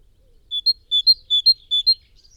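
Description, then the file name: Great tit singing four quick repetitions of a bright two-note whistled phrase, a longer lower note followed by a short higher one, in a brief strophe. "Parus major"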